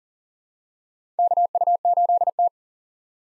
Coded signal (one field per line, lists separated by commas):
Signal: Morse code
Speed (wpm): 40 wpm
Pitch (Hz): 700 Hz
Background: none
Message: KU8T